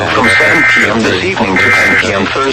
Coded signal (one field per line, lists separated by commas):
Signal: Emergency Alert System (SAME) tones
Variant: end-of-message bursts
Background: speech